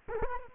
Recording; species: mosquito wingbeat signal from an infrared sensor; Culex quinquefasciatus